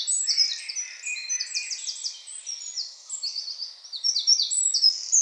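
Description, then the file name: Eurasian Wren song: a rapid, high-pitched torrent of trills and sharp chattering notes running almost continuously, with fast repeated phrases throughout. "Troglodytes troglodytes"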